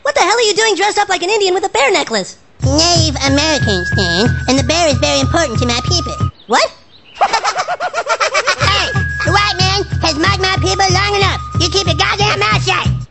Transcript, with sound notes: What the hell are you doing dressed up like an indian with a bear necklace? Native American Stan, and the bear is very important to my people What? [Laughter] Hey, the white man has mocked my people long enough you keep your god damn mouth shut!